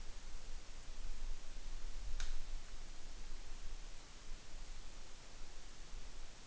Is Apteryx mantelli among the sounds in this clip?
no